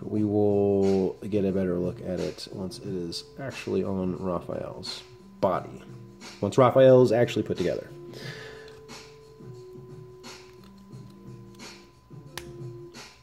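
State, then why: Seated. Someone talks over background music while fitting the plastic turtle head of an S.H.Figuarts Raphael action figure onto the neck peg of its body. A sharp snap is heard at 12.4 s as the head seats onto the neck joint, completing the figure.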